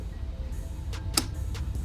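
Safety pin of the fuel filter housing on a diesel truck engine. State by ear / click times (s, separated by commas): seated / 1.2 s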